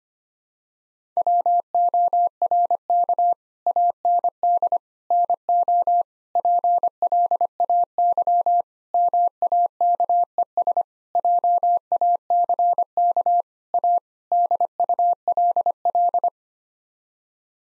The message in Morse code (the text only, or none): WORK AND NO PLAY MAKES JACK A DULL